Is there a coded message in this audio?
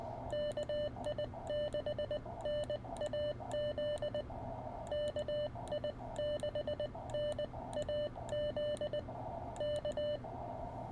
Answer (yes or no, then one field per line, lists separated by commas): yes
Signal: Morse code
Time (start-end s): 0.3-10.2 s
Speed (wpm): 20 wpm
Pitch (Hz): 560 Hz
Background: none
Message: KI6NAZ KI6NAZ K